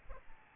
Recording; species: mosquito wingbeat signal from an infrared sensor; Aedes albopictus